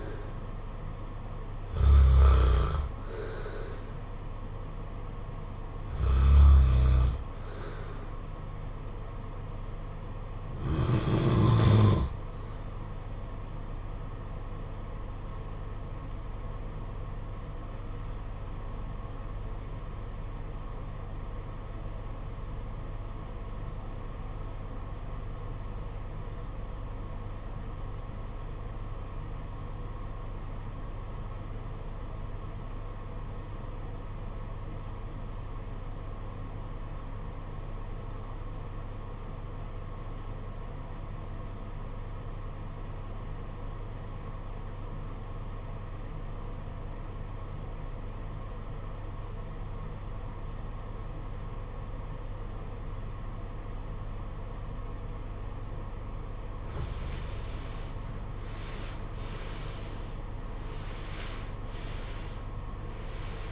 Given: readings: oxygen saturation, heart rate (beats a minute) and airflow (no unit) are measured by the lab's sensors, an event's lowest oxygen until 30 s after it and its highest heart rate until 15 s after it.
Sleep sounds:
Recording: breathing in sleep by a smartphone at the bedside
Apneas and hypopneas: 1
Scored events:
15.00-58.20 s: obstructive apnea (REM, oxygen 95% highest, then 71% lowest, heart rate 49 at the start, 88 highest)
From the record:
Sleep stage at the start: REM sleep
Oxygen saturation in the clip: 73 to 95%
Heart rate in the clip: 48 to 87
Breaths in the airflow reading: 6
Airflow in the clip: -17.0 to 17.0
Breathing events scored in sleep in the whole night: 476 in 9.7 hours asleep

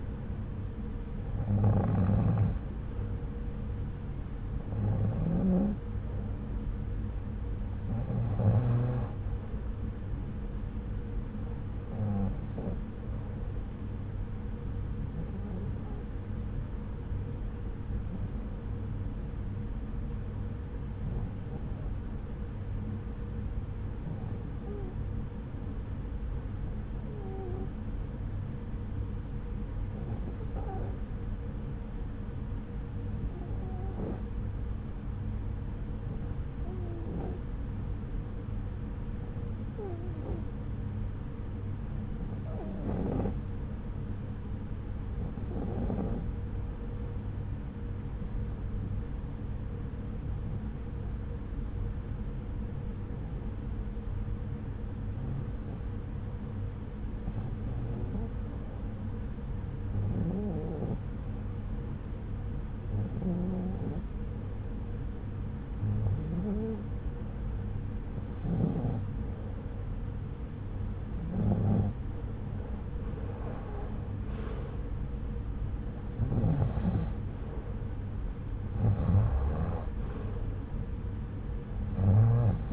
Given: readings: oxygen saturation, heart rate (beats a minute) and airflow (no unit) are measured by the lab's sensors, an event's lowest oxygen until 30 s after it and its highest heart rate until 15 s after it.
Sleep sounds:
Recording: breathing in sleep by a smartphone at the bedside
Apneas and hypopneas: 1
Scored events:
18.00-69.80 s: hypopnea (REM, oxygen 95% highest, then 89% lowest)
From the record:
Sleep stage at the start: REM sleep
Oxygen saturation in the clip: 89 to 95%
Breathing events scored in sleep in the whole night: 303 in 8.1 hours asleep

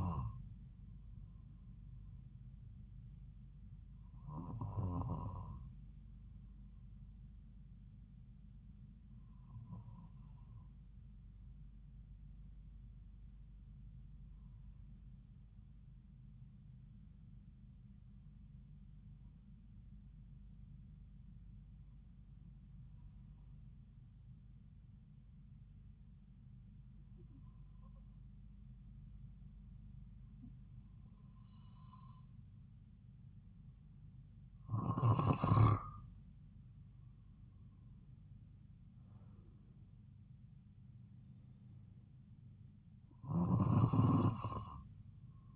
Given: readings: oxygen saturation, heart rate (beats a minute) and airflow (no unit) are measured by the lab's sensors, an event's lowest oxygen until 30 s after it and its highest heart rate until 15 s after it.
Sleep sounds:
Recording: breathing in sleep by a smartphone at the bedside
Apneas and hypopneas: 1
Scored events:
7.00-36.50 s: hypopnea (N1, oxygen 96% highest, then 92% lowest)
15.00-45.56 s: new sleep stage, N2 (light sleep)
From the record:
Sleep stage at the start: N1 (lightest sleep)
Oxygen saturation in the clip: 92 to 96%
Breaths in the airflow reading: 11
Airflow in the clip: -3.8 to 6.4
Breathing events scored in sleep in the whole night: 270 in 6.1 hours asleep

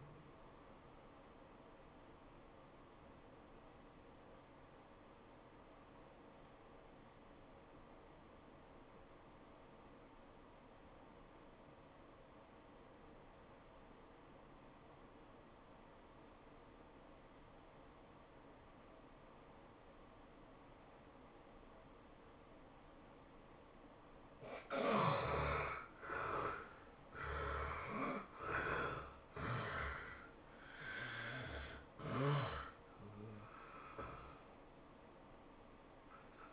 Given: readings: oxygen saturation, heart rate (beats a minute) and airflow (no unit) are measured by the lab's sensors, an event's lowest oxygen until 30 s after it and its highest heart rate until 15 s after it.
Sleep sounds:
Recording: breathing in sleep by a voice recorder at the bedside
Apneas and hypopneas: 1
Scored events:
3.00-26.90 s: obstructive apnea (N1, oxygen 97% highest, then 73% lowest, heart rate 94 at the start, 107 highest)
From the record:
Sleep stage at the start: N1 (lightest sleep)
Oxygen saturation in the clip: 73 to 97%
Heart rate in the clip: 84 to 107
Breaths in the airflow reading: 4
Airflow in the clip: -16.8 to 11.8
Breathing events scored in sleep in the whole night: 403 in 5.5 hours asleep

